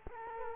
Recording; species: mosquito wingbeat signal from an infrared sensor; Culex quinquefasciatus